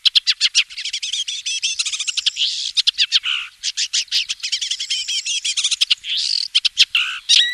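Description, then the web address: Woodchat shrike calling in a fast, almost continuous chatter of scratchy clicks, squeaks and harsh notes, some slurred whistles woven through, tempo staying busy throughout. "wroblowe laniidae lansenat"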